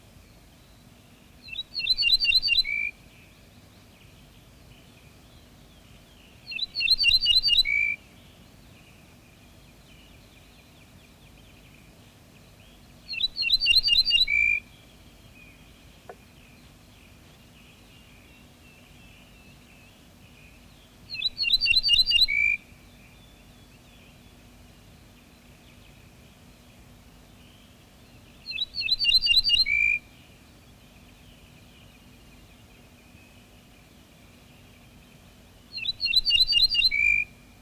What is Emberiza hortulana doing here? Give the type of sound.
song